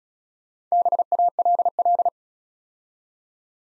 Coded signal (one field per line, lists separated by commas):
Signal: Morse code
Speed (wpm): 34 wpm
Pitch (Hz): 700 Hz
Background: none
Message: BALL